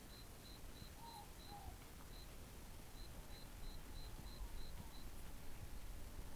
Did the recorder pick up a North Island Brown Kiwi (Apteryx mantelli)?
no